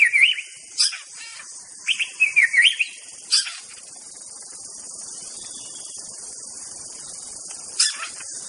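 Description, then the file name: White-rumped Shama song, short twisting whistled phrases in the first three seconds, then sparse sharp notes, with a steady high insect drone throughout. Forest-living bird. "suara muraibatu hutan. omkicau"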